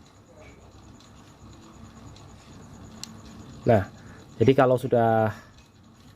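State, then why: Seated. A screw-in power handle with a quick-lock system is fitted into the body of a Maguro Barra SW 800 ultralight spinning reel. It is fully in and bottomed out when one sharp, strong click sounds at 3.0 s. Afterwards someone talks.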